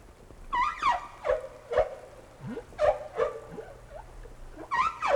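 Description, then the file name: Whale calls, repeated descending squeals and wavering cries, with a low rising grunt in the middle. "tower whales"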